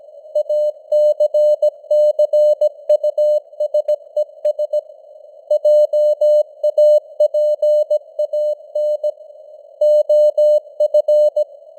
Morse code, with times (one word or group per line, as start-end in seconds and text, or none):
0.4-4.8 ACCUSES
5.5-9.1 JAPAN
9.8-11.4 OF